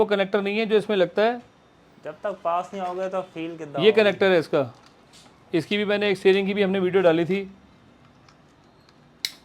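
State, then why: Seated. A genuine plastic wiring connector for a 2023 Maruti Fronx rear wiper is pushed into its mating connector after someone talks. A crisp, sharp click is heard at 9.3 seconds as the connector seats and locks.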